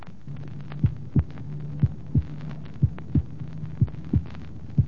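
Normal heart sounds in an adult, heard by stethoscope: clear paired first and second sounds at about 61 beats per minute, with no murmur between them.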